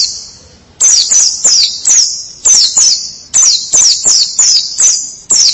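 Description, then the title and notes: White-eye song: a faint start, then bright high twittered phrases coming in quick succession. White-eye chirping song. "Kicauan Burung Pleci Durasi Panjang. Suara kicauan burung pleci"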